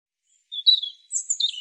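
European robin song: two brief, thin, high warbled phrases, the second sliding down in quick wavering notes, with silence between.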